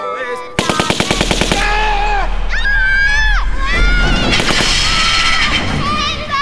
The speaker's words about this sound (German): Sie haben ihn erschossen. Im Auto, durch die Seitenscheibe.